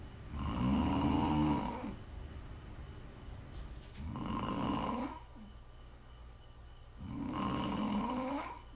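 Three loud, low, rumbling snores with a buzzing, fluttering pitch come about every three seconds, roughly 18 a minute, with quieter breathing in between. Steady snoring from an adult sleeper.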